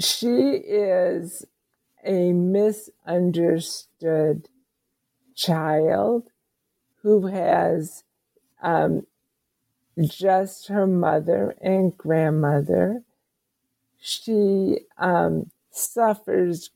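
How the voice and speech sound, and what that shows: Slow speech of an adult woman with ALS, diagnosed about seven years earlier and a very slow progressor: drawn-out vowels and long pauses between short phrases, with limited talking, fitting ALS-related dysarthria.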